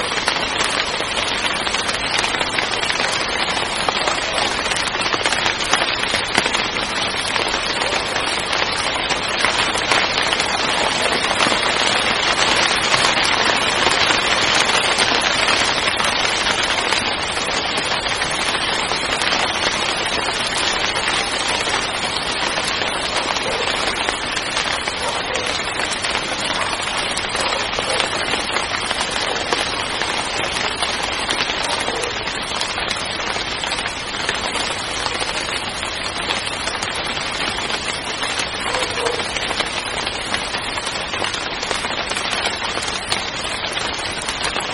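Rain falls steadily for the whole stretch, a dense, even hiss of countless drops with no pauses. The sound sits mostly in the bright middle and upper range, with a soft low rumble underneath and tiny crackling patter on top, barely changing in loudness.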